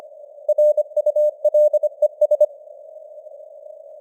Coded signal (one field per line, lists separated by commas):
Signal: Morse code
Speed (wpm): 25 wpm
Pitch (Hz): 600 Hz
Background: none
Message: RULES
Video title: Morse Code News | 2026-01-21 | 25wpm